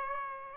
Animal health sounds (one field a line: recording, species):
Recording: mosquito wingbeat signal from an infrared sensor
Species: Aedes aegypti